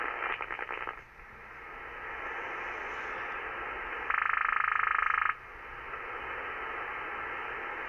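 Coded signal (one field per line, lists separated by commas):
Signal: radar signal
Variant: over-the-horizon radar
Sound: two short bursts of fast, rasping, evenly ticking buzz, like a croaking frog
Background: radio static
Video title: Over The Horizon Radar August 14th, 2016 at 07:20 UTC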